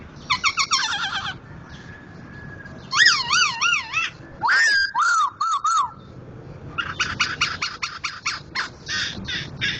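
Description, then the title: Laughingthrush song: loud bursts of rapid, harmonic notes, then wavering whistled phrases rising and falling, ending in a fast stuttering series of sharp notes. Loud-voiced national champion contest bird, in persistent vigorous song (gacor). "Poksay Jambul Sumatra Suara Keras Juara Nasional. Poksay Hongkong gacor mantab (Gathutkaca)"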